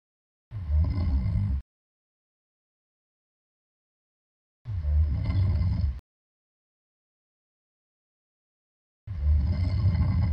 Human Sound Man Snoring.